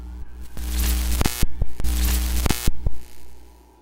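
Harsh walkie-talkie static crackles in two long bursts with a steady low hum underneath, broken by sharp clicks as the channel keys on and off; the static is the only reply from the other end of the call.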